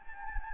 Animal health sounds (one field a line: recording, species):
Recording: mosquito wingbeat signal from an infrared sensor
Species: Anopheles gambiae